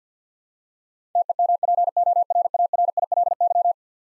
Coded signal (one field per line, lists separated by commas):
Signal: Morse code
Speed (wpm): 50 wpm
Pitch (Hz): 700 Hz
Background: none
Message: TEMPORARILY